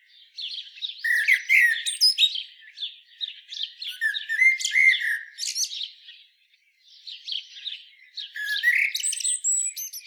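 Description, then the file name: Common blackbird phrases with low warbled notes and squeaky high twitters, in bursts with short pauses and softer chattering between. "Turdus merula"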